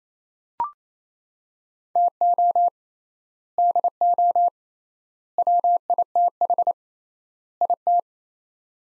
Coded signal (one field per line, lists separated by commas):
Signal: Morse code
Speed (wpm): 28 wpm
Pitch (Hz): 700 Hz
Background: none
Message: TO DO WITH IT